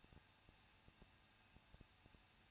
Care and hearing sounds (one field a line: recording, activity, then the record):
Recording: daily activity, microphone in the room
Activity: no activity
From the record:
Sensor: 2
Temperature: 21.0 degrees Celsius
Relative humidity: 37.3%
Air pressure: 1006.2 hPa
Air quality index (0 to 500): 221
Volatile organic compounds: 23 ppm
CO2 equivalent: 2792 ppm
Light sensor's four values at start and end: 2/3/2/2 and 2/3/2/2